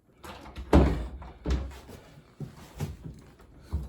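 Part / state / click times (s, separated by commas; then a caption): interior door latch into strike plate in door frame / not seated / none. With the small wooden block that held it open removed, an interior hollow-core door is pushed shut and thumps loudly against its frame at about 0.7 s, followed by softer knocks and rattles. The latch does not catch in the strike plate in the door frame, so nothing has clicked or seated and the door stays unlatched, because it was not installed right.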